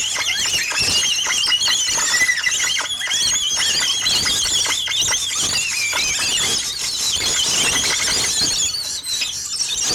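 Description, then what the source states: Parrot flock feeding calls: constant overlapping high squeals and scratchy chatter filling the whole stretch. 50 parrots feeding, recorded together with a Chinese quarter-size violin in 1977.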